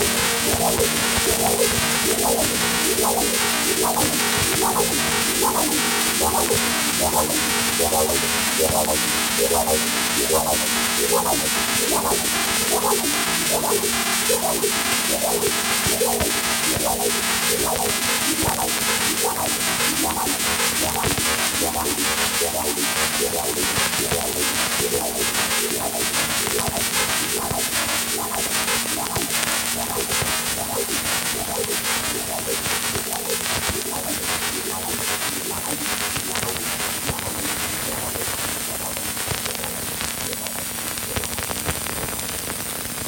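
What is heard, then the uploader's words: Radio static crackles without pause while driving at night after the station signal has dropped out. A dense hiss is broken by fast, regular pulsing ticks and a steady low hum running underneath. The level holds constant for the whole stretch. The requirement for this contribution was to record the period of strange radio signals during a nighttime ride through the middle of nowhere where the regular broadcast signal just dropped dead.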